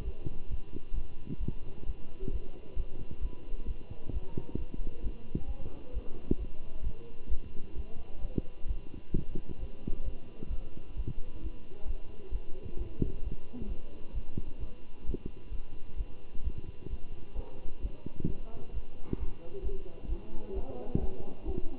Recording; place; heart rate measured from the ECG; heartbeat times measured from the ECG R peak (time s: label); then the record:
heart sounds by stethoscope; between the tricuspid and mitral areas; 132 bpm
0.04 s: heartbeat
0.49 s: heartbeat
0.94 s: heartbeat
1.39 s: heartbeat
1.86 s: heartbeat
2.31 s: heartbeat
2.76 s: heartbeat
3.21 s: heartbeat
3.67 s: heartbeat
4.12 s: heartbeat
4.57 s: heartbeat
5.02 s: heartbeat
5.47 s: heartbeat
5.93 s: heartbeat
6.38 s: heartbeat
6.83 s: heartbeat
7.29 s: heartbeat
7.75 s: heartbeat
8.21 s: heartbeat
8.67 s: heartbeat
9.12 s: heartbeat
9.59 s: heartbeat
10.04 s: heartbeat
10.49 s: heartbeat
10.96 s: heartbeat
11.42 s: heartbeat
11.86 s: heartbeat
12.31 s: heartbeat
12.77 s: heartbeat
13.23 s: heartbeat
13.68 s: heartbeat
14.13 s: heartbeat
14.59 s: heartbeat
15.05 s: heartbeat
15.51 s: heartbeat
15.96 s: heartbeat
16.43 s: heartbeat
16.89 s: heartbeat
17.35 s: heartbeat
17.81 s: heartbeat
18.27 s: heartbeat
18.73 s: heartbeat
19.19 s: heartbeat
19.63 s: heartbeat
20.08 s: heartbeat
20.54 s: heartbeat
20.99 s: heartbeat
21.45 s: heartbeat
From the record:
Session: Bruce protocol treadmill stress test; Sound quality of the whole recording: good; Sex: male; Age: 23 years